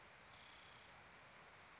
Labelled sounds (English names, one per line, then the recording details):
Spotted Towhee
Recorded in Sonoma County, California